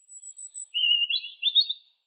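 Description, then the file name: Bird chirping: a thin, very high note, then a steadier lower note and a quick run of squeaky, warbled twittering notes, with silence after them. "Bird Tweet"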